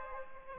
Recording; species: mosquito wingbeat signal from an infrared sensor; Aedes aegypti